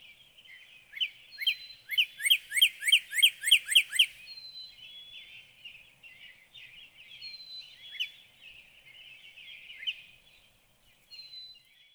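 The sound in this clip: Northern cardinal singing a quick series of sharp, falling whistled notes, followed by scattered softer notes.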